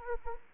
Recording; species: mosquito wingbeat signal from an infrared sensor; Anopheles arabiensis